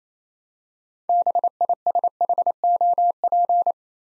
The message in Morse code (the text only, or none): BISHOP